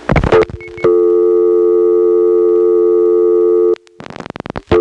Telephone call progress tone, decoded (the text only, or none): dial tone